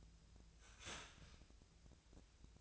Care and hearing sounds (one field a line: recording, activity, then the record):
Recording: daily activity, microphone in the room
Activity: start toaster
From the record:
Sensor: 2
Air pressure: 1009.1 hPa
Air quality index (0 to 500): 186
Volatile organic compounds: 11 ppm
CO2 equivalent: 2302 ppm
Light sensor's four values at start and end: 22/54/23/25 and 22/55/23/25